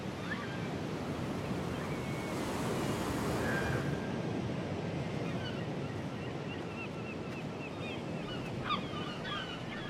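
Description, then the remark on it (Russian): Steady roar of ocean surf on the coast of Scotland, with broad washing noise that swells around the middle, joined by faint high bird-like chirps scattered through the second half. “Мужчина замечает еще одного мужчину в море. Он плывет в волнах на помощь девушке, которая неподалеку впереди него.”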